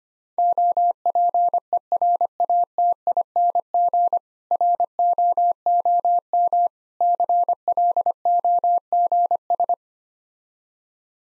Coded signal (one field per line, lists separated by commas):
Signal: Morse code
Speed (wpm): 25 wpm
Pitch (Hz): 700 Hz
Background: none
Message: OPERATING ROOM CLOGS